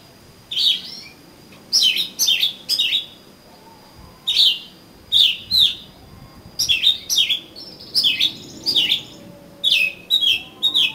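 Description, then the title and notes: Oriental magpie-robin song of repeated sweet whistled notes, falling and rising, delivered in clusters of two or three with brief gaps, a thin steady tone behind. "suara kacer. kumpulan suara burung kacer"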